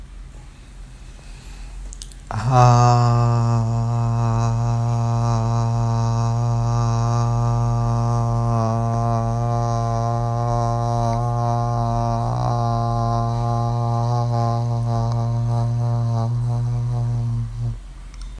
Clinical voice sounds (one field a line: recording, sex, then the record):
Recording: sustained vowel /a/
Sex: male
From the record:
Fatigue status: no fatigue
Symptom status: asymptomatic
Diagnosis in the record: COVID-19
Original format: m4a